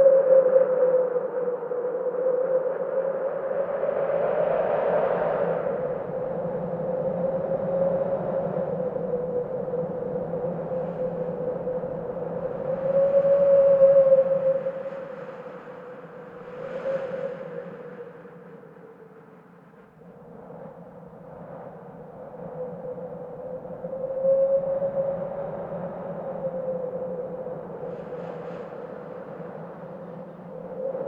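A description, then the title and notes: Howling wind moans steadily through the whole clip, a wavering mid-pitched tone that rises and falls slowly over a low rumble. It swells around five and fourteen seconds, dips quieter near twenty seconds, then builds again toward twenty-five seconds. Howling Wind.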